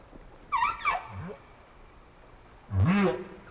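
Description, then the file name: Whale calls: a brief wavering, whistle-like tonal call, then a lower rising and falling harmonic moan after a quiet pause, over a faint steady background hiss. "tower whales"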